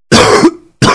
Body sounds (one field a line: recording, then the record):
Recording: coughing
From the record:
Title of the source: Coughing 46